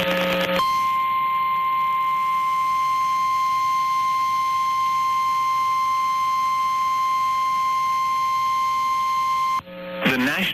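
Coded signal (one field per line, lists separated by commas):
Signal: Emergency Alert System (SAME) tones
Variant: 1050 Hz attention tone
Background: speech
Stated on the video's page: EAS interruptions within TV severe weather coverage, captured off-air during a nearby tornado.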